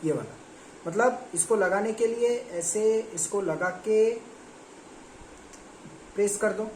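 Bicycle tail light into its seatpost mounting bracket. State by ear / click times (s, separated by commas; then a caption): not seated / none. A Shivexim bicycle tail light is lined up on its plastic seatpost mounting bracket while someone talks, with faint handling rustle between the words. The light is only positioned on the mount and has not been pressed home; nothing has seated or clicked yet.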